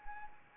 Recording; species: mosquito wingbeat signal from an infrared sensor; Anopheles arabiensis